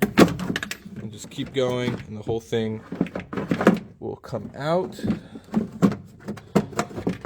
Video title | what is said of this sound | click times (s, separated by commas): BMW E30 Tear Down EP7 - Miscellaneous Parts Left Part 2 (Rear Bumper, Trunk Carpet, Trunk) | you'll hear it pop and | 0.0 s